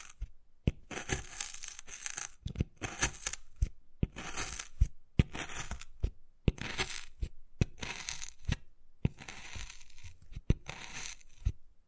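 Wood carving: bursts of bright, rasping scratching come in rough strokes about every second, separated by brief silences. Sharp, hard taps punctuate the scraping at irregular points, roughly ten across the twelve seconds, some landing right at the start of a stroke.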